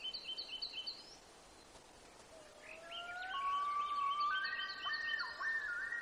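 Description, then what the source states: Birds singing: several clear whistled notes, some long and level, some stepping upward, overlapping with shorter higher chirps over a steady background hiss. Gates of the Arctic, Alaska, 18 June 2018, 05:30.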